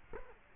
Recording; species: mosquito wingbeat signal from an infrared sensor; Culex quinquefasciatus